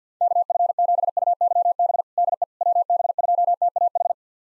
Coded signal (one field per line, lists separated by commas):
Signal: Morse code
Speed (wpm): 50 wpm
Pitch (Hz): 700 Hz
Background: none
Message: KF7UYB DE WB2TAH